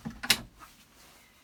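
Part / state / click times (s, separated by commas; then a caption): swivel cab seat lock into seat base / seated / 0.3 s. A Reece model motorhome cab seat is swivelled from facing the lounge back to the forward driving position, with low rumbling thumps as it turns. A sharp, bright click at 0.3 s marks the swivel lock engaging into the seat base, followed by a faint rattle and quiet. The seat is locked in place for driving.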